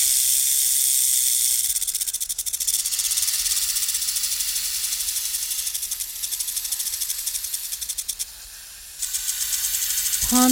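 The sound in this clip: Snake hissing, a steady breathy hiss that swells and fades in pulses over about ten seconds.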